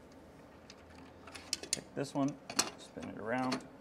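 A flip stop on a Kreg ASC saw guide rail is spun around on the rail, with light handling taps and rattles while someone talks. The clip ends before it is locked in place; nothing has seated or clicked yet.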